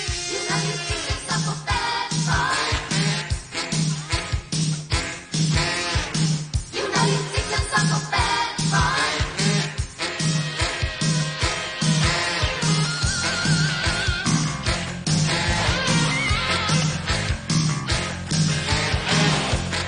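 A Cantopop song intro plays loudly, driven by a steady, punchy drum beat about twice a second under layered synth and instrumental lines, with no singing yet.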